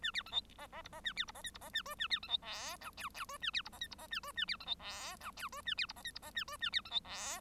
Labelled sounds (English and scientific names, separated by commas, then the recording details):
Bengalese Finch (Lonchura striata domestica) song
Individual Bird1